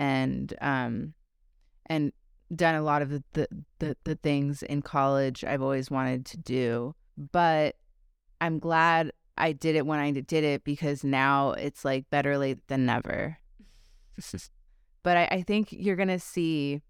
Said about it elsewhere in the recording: A lot of things that I really wanted to do because of my stutter.